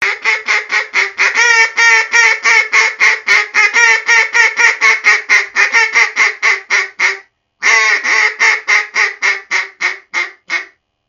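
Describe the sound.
Mallard quacking in a long, fast, steady run of loud, nasal quacks, about four each second, with one brief pause before the series resumes.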